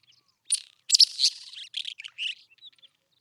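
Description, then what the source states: Isabelline Wheatear singing a fast, jumbled phrase of harsh rattles, squeaky notes and short whistles, ending with a few soft chirps. Recorded at Telmen Nuur, Mongolia.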